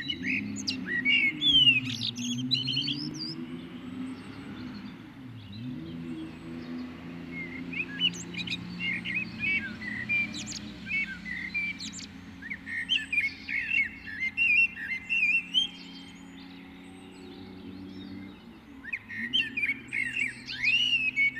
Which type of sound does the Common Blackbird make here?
song